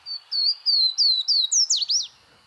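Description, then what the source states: Swainson's Warbler song: a series of several loud, clear, slurred whistles, each gliding slightly downward, ending in a quicker rising and falling flourish. Background quiet. Breeding-season song on a fine May morning from a rhododendron thicket in Great Smoky Mountains National Park; singer unseen; one of North America's shyest birds.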